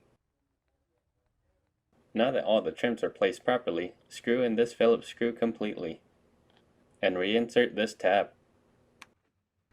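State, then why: Seated. A plastic trim tab is reinserted into its slot in the rear pillar trim of a 2019 Honda Civic Hatchback Sport after a Phillips screw is driven in completely, during a rear 3.5-inch mid-range speaker installation. Someone talks, then a single sharp click is heard at 9.0 s as the tab seats.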